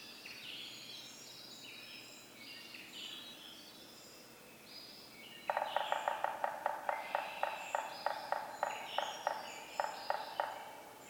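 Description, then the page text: Yellow-bellied Sapsucker: birdsong at first, then drumming breaks in, a long run of rapid taps with brief gaps. Community of several drummers on various substrates, stereo recording, Atlanta, Michigan, April 24, 2018, 6:22 to 6:50 a.m., beginning 15 minutes before sunrise (6:37 a.m.) and continuing after. "Yellow-bellied sapsucker: My favorite community of drummers, this one recorded beginning 15 minutes before sunrise and continuing well after."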